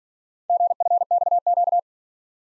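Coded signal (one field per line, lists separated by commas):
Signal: Morse code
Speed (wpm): 46 wpm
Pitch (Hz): 700 Hz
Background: none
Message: GFXQ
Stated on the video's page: Morse practice of four letter-number combinations, starting fast and slowing to a 40 wpm base; fastest speed 1.5 times base, final repeat at maximum speed.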